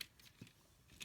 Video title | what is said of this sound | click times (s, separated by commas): Shinkansen Henkei Robo Shinkalion 06 E3 Tsubasa Iron Wing Review | it'll kind of click past a little tab in that way it'll stay up a little bit so | 0.0 s